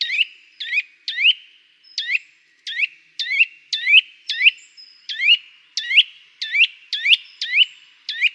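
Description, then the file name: Eurasian nuthatch giving sharp, upward-sweeping whistled calls, repeated irregularly throughout. "Sitta europaea"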